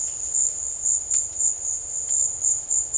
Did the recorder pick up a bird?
no